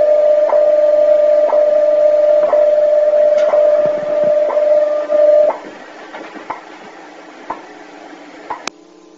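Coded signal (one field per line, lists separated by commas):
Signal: radio time signal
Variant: WWV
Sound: steady mid-pitch tone with a click every second; tone stops, ticks go on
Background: radio static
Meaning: Each tick marks one second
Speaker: figure every time that little radio beeps there that's another second's going by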